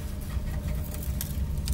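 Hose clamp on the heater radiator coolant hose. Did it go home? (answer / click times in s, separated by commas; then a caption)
no / none. The original hose clamp on the heater-core coolant hose of a Logan's cabin heater radiator is being squeezed with nail pliers toward the point where its ratchet clicks shut. A steady low rumble and hum runs throughout, with two brief sharp sounds near 1.2 and 1.7 seconds. Nothing has seated or clicked yet.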